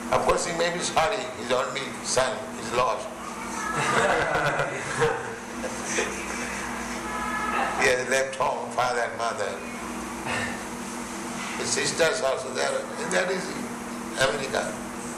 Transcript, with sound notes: Of course, he may be sorry his only son is lost. [laughter] He has left home, father, mother. Sisters also, they are... That is America.